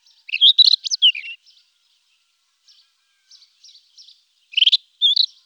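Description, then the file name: Rufous-tailed scrub robin song, a rich burst of varied warbled phrases, then scattered soft notes and another loud bright phrase near the end. "rufous bush robin"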